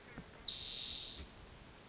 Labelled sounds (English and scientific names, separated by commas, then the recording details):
Spotted Towhee (Pipilo maculatus)
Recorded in Sonoma County, California